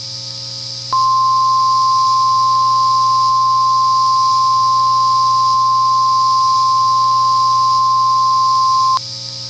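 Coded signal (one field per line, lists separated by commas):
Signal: Emergency Alert System (SAME) tones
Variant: 1050 Hz attention tone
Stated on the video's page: Fictional Halloween mock EAS scenario tones.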